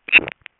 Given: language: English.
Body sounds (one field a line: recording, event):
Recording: throat vibration sensor signal played as sound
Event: swallow